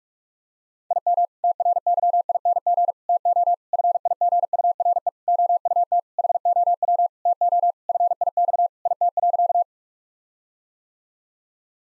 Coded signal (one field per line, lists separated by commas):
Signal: Morse code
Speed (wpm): 41 wpm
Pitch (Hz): 700 Hz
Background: none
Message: IM TRYING TO FIGURE OUT HOW TO FIX IT.